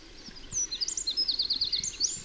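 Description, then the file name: Eurasian wren call: a fast, high, sharp trill of repeated notes sweeping between high pitches, loud and clear over faint background. "Troglodytes troglodytes"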